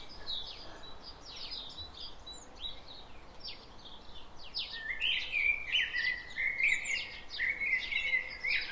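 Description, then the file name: Common blackbird song in the latter half, a sustained fluty warbled phrase, preceded by dense high chirping and trilling. "Turdus merula"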